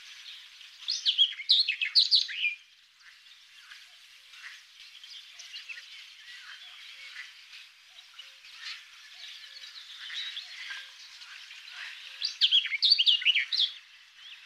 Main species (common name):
Barred Warbler